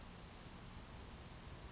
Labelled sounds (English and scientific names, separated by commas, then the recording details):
California Towhee (Melozone crissalis)
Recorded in Sonoma County, California